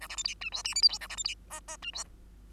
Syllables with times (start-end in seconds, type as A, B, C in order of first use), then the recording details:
0.01-0.08 A, 0.09-0.16 B, 0.17-0.23 C, 0.24-0.35 D, 0.41-0.50 E, 0.52-0.63 F, 0.64-0.75 G, 0.75-0.82 H, 0.82-0.88 I, 0.89-0.98 J, 1.00-1.08 A, 1.09-1.16 B, 1.17-1.24 C, 1.24-1.35 D, 1.50-1.60 K, 1.68-1.77 K, 1.82-1.91 E, 1.93-2.04 F. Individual Bird2